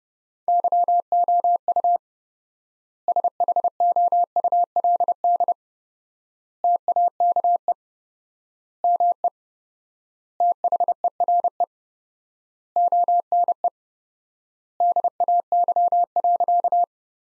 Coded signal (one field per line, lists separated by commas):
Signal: Morse code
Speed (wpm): 30 wpm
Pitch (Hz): 700 Hz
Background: none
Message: YOU SHOULD TAKE ME THERE ONE DAY.